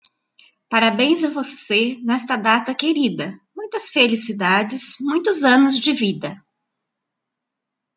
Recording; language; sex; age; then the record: short text; Brazilian Portuguese; female; 50 to 59 years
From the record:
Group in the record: control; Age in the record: 56 years